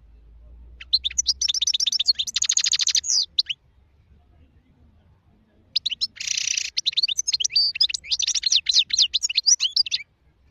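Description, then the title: European goldfinch song of rapid twitters, with rattling and harsh buzzy passages inside two long bursts separated by a pause. Wild bird, song. "اجمل غناءالحسون الخلويchant chardonneret sauvage"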